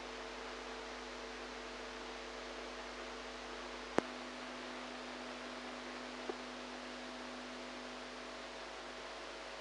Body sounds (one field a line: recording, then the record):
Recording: brain microelectrode recording played as sound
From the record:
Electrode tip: outside the subthalamic nucleus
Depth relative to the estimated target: 0 mm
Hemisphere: right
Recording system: NeuroSet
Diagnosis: Parkinson's disease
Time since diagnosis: 8 years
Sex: female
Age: 45 years